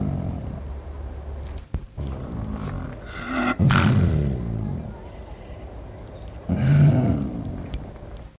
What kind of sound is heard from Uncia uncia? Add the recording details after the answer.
call. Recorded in captivity. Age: adult. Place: Tierpark Berlin, Berlin, DE. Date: 1963-02-02 14:30. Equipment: Minifon, Kopie Smaragd. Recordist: Tembrock, Günter